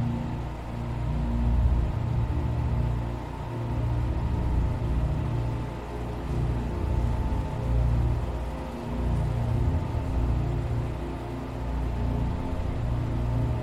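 A steady, deep machine rumble fills a spaceship sleep chamber, swelling and easing in slow waves every few seconds. A faint high hiss sits above it, and a thin steady tone hums through the middle without change.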